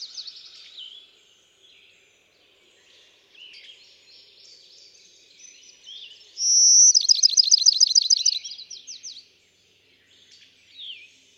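Bachman's sparrow gives a bright held whistle that breaks into a long rapid trill, with scattered softer chirps and whistles before and after.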